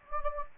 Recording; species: mosquito wingbeat signal from an infrared sensor; Anopheles gambiae